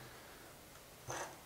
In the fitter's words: das dann hier reinstecken bis es einmal klick macht und das